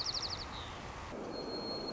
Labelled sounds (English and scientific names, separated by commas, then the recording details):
White-crowned Sparrow (Zonotrichia leucophrys)
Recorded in Sonoma County, California